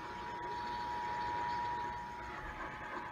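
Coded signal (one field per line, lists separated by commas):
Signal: Emergency Alert System (SAME) tones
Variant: 853 and 960 Hz attention tone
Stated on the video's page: Sacramento EAS required monthly tests.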